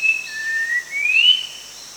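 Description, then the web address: Sooty-capped babbler whistling one phrase: a short high note, then a lower note rising smoothly into a higher sustained whistle, with a constant high hum behind. Danum, 1 January 2008. "DANUM 20080101. sooty-capped babbler"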